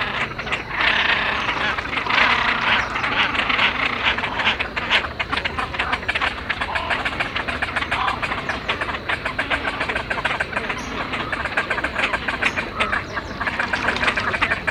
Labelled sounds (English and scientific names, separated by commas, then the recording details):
Great Crested Grebe (Podiceps cristatus) call
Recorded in the wild
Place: Schwerin, Schweriner Innensee, Mecklenburg-Vorpommern, DE
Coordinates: 53.683, 11.46
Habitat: lake
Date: 1975-05-09 03:30
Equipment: Nagra III BH, Sennheiser MD 21, parabola
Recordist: Schubert, Michael